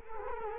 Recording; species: mosquito wingbeat signal from an infrared sensor; Culex quinquefasciatus